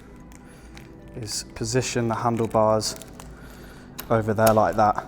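Someone handles the folding handlebar stem of an electric scooter, raising and positioning the handlebars so the stem latch can lock into the stem base, with a few faint sharp ticks while someone talks. Nothing has seated or locked yet.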